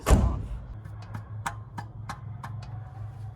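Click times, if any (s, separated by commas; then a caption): 1.2 s, 1.5 s, 1.8 s, 2.1 s, 2.4 s, 2.6 s. A wrench turns the steel fuel line flare nut at the carburetor inlet of an old F-100 truck, and after a loud low thump at the start and someone talking briefly, the nut will not break loose. The wrench slips with a series of regular ticks at 1.1, 1.5, 1.8, 2.1, 2.5 and 2.6 seconds. The fitting nut rounds off and is stripped.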